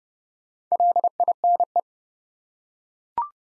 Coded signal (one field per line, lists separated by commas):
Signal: Morse code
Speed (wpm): 30 wpm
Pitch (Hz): 700 Hz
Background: none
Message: LINE